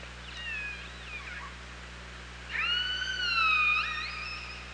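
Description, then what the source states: Killer whale pulsed calls, faint wavering calls first, then a loud harmonic call sweeping up sharply and holding level for nearly two seconds over steady underwater hiss. OrcaLab hydrophone, 24 August 2017, 07:54.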